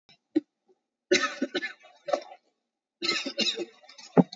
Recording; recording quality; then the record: shallow voluntary cough; excellent, no background noise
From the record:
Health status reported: COVID-19 positive, moderate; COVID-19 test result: positive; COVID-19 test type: RT-PCR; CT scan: taken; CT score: 0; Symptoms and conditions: cough, cold, breathing difficulty, sore throat, fever, fatigue, muscle pain, diarrhoea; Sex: male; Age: 31 years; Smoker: no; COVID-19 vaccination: none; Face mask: worn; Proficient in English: yes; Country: India